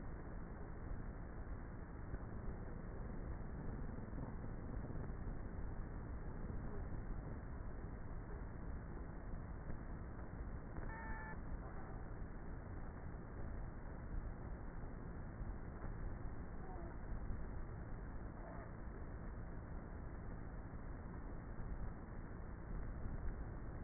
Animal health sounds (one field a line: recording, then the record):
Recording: honeybee colony, microphone inside the hive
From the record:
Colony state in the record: queenless with a low population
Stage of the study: before two queens were removed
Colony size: about 30,000 bees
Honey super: no